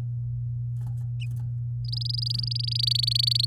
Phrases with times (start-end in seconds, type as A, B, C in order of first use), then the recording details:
1.85-3.45 A. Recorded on 9 May 2018 at 08:55. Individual llb16